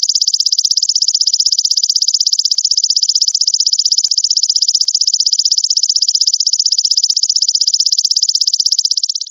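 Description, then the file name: Grasshopper song: a steady, high, dry buzz made of rapid even pulses, continuing unbroken throughout with no other sounds. "belalang emas"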